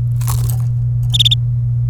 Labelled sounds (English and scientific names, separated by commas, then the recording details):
Domestic Canary (Serinus canaria) song
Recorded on 27 April 2018 at 13:16
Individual llb3